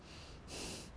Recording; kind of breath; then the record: one breath in and out by a microphone near the nose and mouth; strong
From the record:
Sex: male